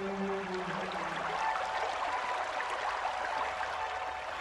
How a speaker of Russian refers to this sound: Неподалек чулося бульканье ручая.